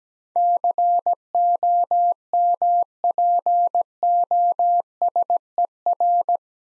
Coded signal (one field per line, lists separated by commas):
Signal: Morse code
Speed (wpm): 17 wpm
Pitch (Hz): 700 Hz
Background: none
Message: COMPOSER